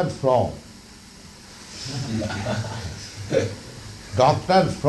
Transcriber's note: laughter